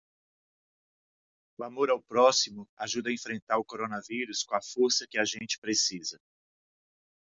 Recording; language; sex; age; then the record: spoken sentence; Brazilian Portuguese; male; 50 to 59 years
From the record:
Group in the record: control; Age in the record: 54 years